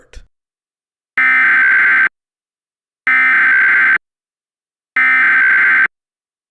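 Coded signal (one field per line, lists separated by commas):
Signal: Emergency Alert System (SAME) tones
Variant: header bursts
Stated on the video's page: A fictional mock alert made with valid tones.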